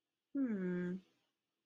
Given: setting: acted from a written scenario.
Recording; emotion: vocal sound without words; contempt